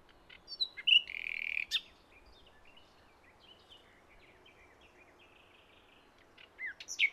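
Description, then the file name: Common nightingale giving a loud sustained whistle followed by soft, scattered warbled notes, ending with a few sharper high phrases. "Luscinia megarhynchos"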